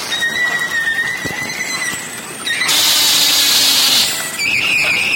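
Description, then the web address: Beluga whale calls: a steady high whistle with a faint upper tone, then a loud, harsh buzzing burst, followed by further high tonal squeals. "valaat beluga"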